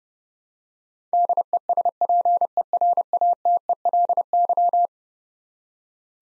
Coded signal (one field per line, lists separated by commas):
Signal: Morse code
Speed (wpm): 32 wpm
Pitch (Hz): 700 Hz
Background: none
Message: DESPERATELY